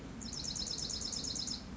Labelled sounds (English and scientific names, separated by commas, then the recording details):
Dark-eyed Junco (Junco hyemalis)
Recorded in Sonoma County, California